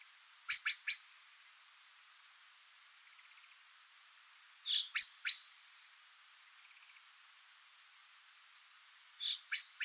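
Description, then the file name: Common chaffinch calls in quick bursts of three sharp notes, three bursts about four seconds apart. "Fringilla coelebs"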